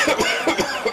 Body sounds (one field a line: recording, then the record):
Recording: coughing mixed with background sound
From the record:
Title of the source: Dry Afternoon Cough